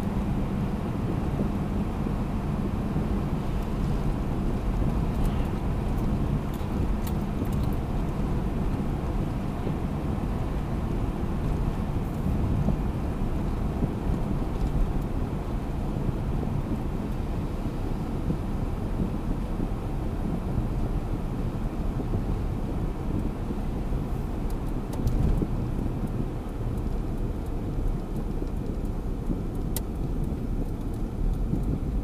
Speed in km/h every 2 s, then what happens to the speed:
95, 94, 92, 92, 92, 90, 87, 86, 83, 81, 78, 77, 71, 61, 49, 36.
0-32 slows to 36.